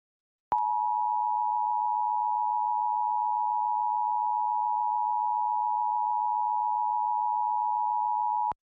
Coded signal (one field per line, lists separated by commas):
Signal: Emergency Alert System (SAME) tones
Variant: 853 and 960 Hz attention tone